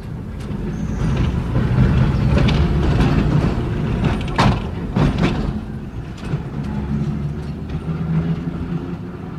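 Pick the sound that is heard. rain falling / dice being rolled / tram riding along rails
tram riding along rails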